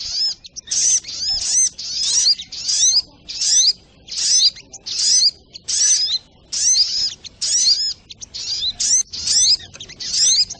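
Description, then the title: Crimson Sunbird delivering a long series of thin, chattering twitter phrases, repeated with short breaks. Labaik song style. "Masteran Burung Sogok Ontong Labaik"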